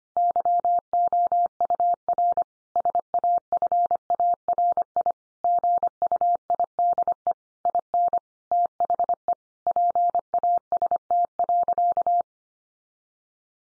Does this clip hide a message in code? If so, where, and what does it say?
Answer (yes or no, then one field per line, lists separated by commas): yes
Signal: Morse code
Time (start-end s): 0.2-12.2 s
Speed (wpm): 25 wpm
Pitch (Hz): 700 Hz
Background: none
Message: YOUR SAFARI GUIDE IN THE PAST.